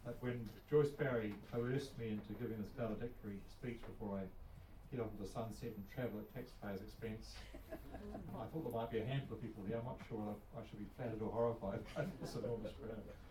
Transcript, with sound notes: But when Joyce Barry coerced me into giving this valedictory speech before I head off into the sunset and travel at taxpayers’ expense, [chuckles] I thought there might be a handful of people here. I’m not sure if I should be flattered or horrified by [chuckle] this enormous room.